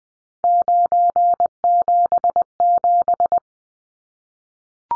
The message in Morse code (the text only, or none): 977